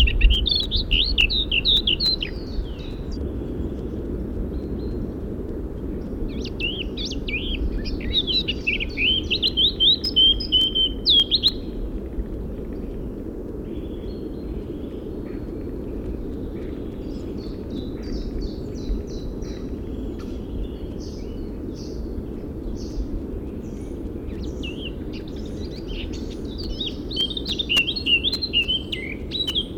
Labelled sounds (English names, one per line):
Eurasian Blackcap